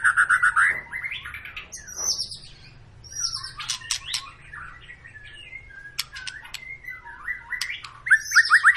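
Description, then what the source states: White-rumped shama song: loud trilled whistles at start and end, with softer varied chirps and sharp clicks between, over a low steady hum. Long 'pancingan' lure song of a vigorously singing ('gacor') bird, used to prompt other birds to sing.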